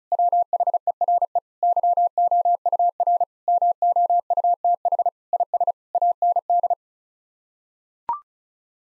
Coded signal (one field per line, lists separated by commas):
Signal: Morse code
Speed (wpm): 36 wpm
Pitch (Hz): 700 Hz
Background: none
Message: WHERE YOUR MOUTH IS AND